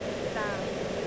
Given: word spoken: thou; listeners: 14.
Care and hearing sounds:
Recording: one English word in noise, from a listening test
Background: speech-shaped noise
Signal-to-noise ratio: -5.7 dB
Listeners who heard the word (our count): 0 of 14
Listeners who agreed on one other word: 6 of 14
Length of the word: 0.68 s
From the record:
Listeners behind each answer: 6, 3, 2, 1, 1, 1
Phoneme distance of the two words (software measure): 24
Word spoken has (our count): 1 syllable, 2 phonemes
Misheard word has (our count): 1 syllable, 4 phonemes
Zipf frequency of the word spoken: 4.03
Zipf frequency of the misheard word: 5.58

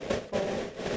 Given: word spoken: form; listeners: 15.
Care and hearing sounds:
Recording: one English word in noise, from a listening test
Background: noise modulated by three-talker babble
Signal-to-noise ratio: -4.2 dB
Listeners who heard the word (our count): 0 of 15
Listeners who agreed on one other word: 7 of 15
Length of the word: 0.57 s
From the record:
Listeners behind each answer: 7, 3, 2, 1, 1, 1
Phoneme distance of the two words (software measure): 10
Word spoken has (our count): 1 syllable, 3 phonemes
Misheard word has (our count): 1 syllable, 3 phonemes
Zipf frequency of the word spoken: 5.08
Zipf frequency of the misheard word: 5.01

